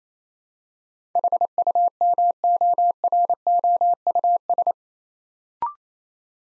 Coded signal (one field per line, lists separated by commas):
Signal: Morse code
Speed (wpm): 28 wpm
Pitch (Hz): 700 Hz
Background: none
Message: HUMOROUS